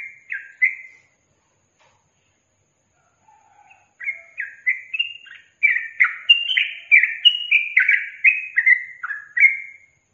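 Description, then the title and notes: Yellow-vented bulbul song: a few warbled notes, a pause, then a long run of gurgling whistles. Songbird training (masteran) recording of trucukan song in tembakan and ropel styles. "MASTERAN Trucukan Tembakan Dan Ropel. BURUNG TRUCUKAN"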